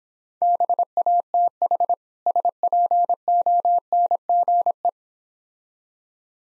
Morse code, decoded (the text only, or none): BATH SPONGE